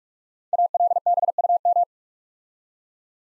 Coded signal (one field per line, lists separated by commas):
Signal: Morse code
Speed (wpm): 44 wpm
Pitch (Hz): 700 Hz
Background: none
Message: ALBUM